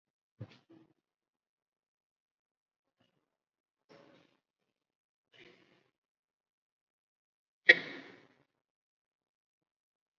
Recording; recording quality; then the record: deep breathing; poor, much background noise or distortion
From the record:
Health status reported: COVID-19 positive, mild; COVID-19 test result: positive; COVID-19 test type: RT-PCR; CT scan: not taken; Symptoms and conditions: cough, muscle pain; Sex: male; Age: 52 years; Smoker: no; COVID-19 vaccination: none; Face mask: worn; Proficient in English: no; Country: India